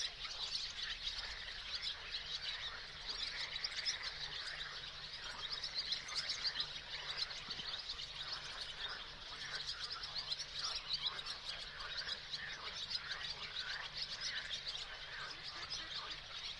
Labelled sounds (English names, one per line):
Barn Swallow song